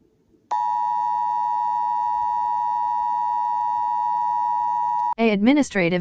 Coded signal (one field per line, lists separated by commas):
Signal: Emergency Alert System (SAME) tones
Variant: 853 and 960 Hz attention tone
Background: speech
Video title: Morenami (An EAS Scenario)